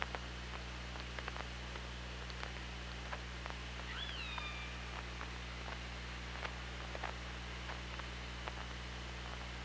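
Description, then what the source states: Killer whale calls underwater: a couple of short curved tonal calls with stacked harmonics, over scattered clicks and a steady low hum. OrcaLab hydrophone, 24 August 2017, around 16:01.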